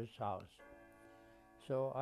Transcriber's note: clock ringing/chiming in background